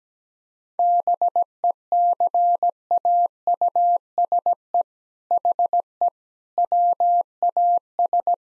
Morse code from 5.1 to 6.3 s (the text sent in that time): HE